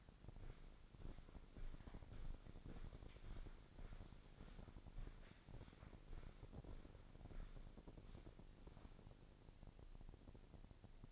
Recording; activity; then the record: daily activity, microphone in the room; walk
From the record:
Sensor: 5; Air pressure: 1009.4 hPa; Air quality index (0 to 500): 150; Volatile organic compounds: 2 ppm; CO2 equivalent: 1156 ppm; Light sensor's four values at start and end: 347/828/356/397 and 346/825/355/396